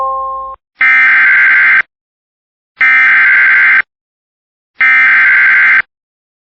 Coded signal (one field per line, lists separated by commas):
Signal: Emergency Alert System (SAME) tones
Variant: header bursts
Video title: Severe Thunderstorm Warning on Central Alert Respritory (EAS 226)